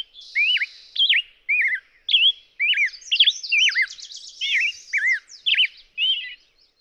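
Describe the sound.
Black-headed grosbeak singing a continuous, bouncy string of sweet whistled notes that swoop up and down, phrases tumbling quickly with brief gaps.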